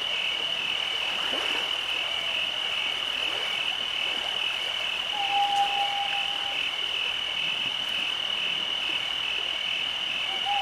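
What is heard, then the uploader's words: Cicadas and crickets sing in a dense, unbroken drone, with a bright steady tone running high above a fainter buzzing layer. The level holds even across the whole stretch. A short whistle-like note rises from the background around five to six seconds, and again near the end. At night, the nature relieves the pressure of cicadas and crickets.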